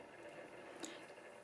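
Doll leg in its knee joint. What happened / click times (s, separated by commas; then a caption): A small plastic joint clicks into position / 0.8 s. A plastic fashion doll's articulated leg is bent until its knee joint clicks into position at 0.8 s. A short, sharp click stands out over faint background noise, and the knee is seated.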